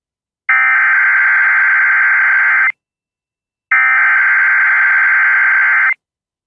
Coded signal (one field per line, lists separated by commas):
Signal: Emergency Alert System (SAME) tones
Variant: header bursts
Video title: HUGE VA SVR EAS #669